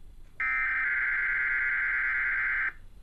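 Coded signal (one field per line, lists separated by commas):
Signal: Emergency Alert System (SAME) tones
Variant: header bursts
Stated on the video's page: Required Weekly Tests received on cable television, heard during CNN late at night.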